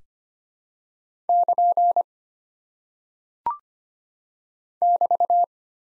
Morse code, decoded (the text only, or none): <KN> <BT>